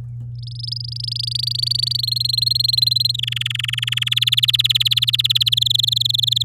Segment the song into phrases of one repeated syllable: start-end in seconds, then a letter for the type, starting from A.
0.35-1.97 A, 1.99-3.16 B, 3.18-4.09 C, 4.11-5.49 D, 5.52-6.43 E